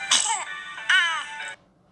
Baby sneeze.